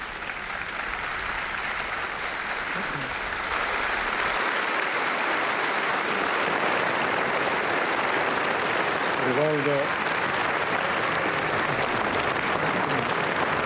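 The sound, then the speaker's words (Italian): Thunderous, sustained applause and standing ovation from a large crowd for President of the Republic Sergio Mattarella at the Resistance (Liberation Day) ceremony in Genoa, 25 April 2025, a dense steady roar of clapping, with a brief spoken word near the end barely rising above it. “Applausi scroscianti, standing ovation per il Presidente della Repubblica Mattarella, che ringrazia e sorride.”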